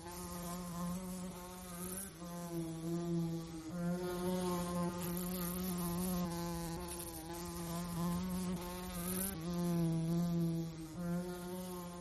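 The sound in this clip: Fly buzzing, a steady low droning hum that wavers slightly in pitch and loudness and runs continuously throughout.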